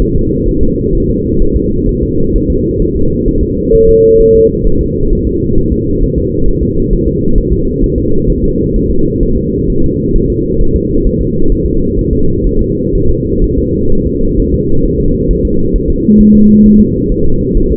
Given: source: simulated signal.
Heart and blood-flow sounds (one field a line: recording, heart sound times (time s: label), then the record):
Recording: fetal heart sounds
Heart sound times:
0.02 s: S1
0.16 s: S2
0.49 s: S1
0.63 s: S2
0.95 s: S1
1.10 s: S2
1.42 s: S1
1.56 s: S2
1.89 s: S1
2.03 s: S2
2.36 s: S1
2.50 s: S2
2.82 s: S1
2.96 s: S2
3.28 s: S1
3.43 s: S2
3.75 s: S1
3.89 s: S2
4.21 s: S1
4.35 s: S2
4.67 s: S1
4.81 s: S2
5.13 s: S1
5.27 s: S2
5.58 s: S1
5.72 s: S2
6.04 s: S1
6.18 s: S2
6.48 s: S1
6.63 s: S2
6.93 s: S1
7.08 s: S2
7.38 s: S1
7.53 s: S2
7.84 s: S1
7.98 s: S2
8.30 s: S1
8.44 s: S2
8.76 s: S1
8.91 s: S2
9.23 s: S1
9.37 s: S2
9.70 s: S1
9.84 s: S2
10.16 s: S1
10.30 s: S2
10.61 s: S1
10.75 s: S2
11.06 s: S1
11.21 s: S2
11.52 s: S1
11.66 s: S2
11.99 s: S1
12.13 s: S2
12.46 s: S1
12.61 s: S2
12.95 s: S1
13.09 s: S2
13.44 s: S1
13.58 s: S2
13.92 s: S1
14.07 s: S2
14.39 s: S1
14.54 s: S2
14.85 s: S1
15.00 s: S2
15.31 s: S1
15.45 s: S2
15.76 s: S1
15.90 s: S2
16.21 s: S1
16.35 s: S2
16.66 s: S1
16.80 s: S2
17.12 s: S1
17.26 s: S2
17.57 s: S1
17.72 s: S2
From the record:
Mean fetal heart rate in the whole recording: 130 bpm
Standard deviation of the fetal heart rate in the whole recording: 4 bpm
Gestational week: 38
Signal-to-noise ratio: -17.7 dB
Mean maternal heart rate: 72 bpm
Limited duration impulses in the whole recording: present